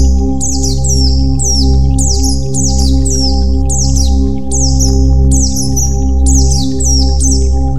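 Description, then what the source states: White-eye song: high, sharp descending slurred notes in quick bursts, roughly one burst per second, over a constant low hum. White-eye 'terapi' (therapy) song.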